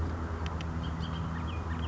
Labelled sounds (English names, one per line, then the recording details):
Bullock's Oriole
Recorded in Sonoma County, California